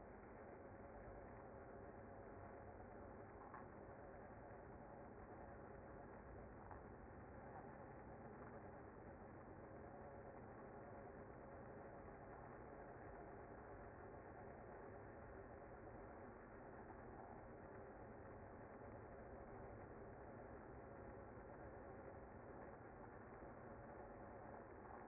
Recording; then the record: honeybee colony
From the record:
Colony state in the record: active